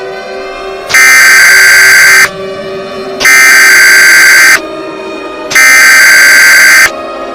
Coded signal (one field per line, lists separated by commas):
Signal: Emergency Alert System (SAME) tones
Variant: header bursts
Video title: EAS Scenario #10 The Ultimate Deadly Virus